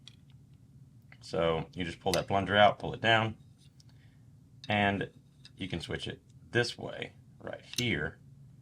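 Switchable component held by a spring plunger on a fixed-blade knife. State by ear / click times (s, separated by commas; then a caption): not seated / none. Someone talks while handling a fixed-blade knife, pulling out its spring plunger and pulling down to swap a metal switchable component to the other orientation, with only faint handling ticks under the speech. Nothing has seated or locked in place yet.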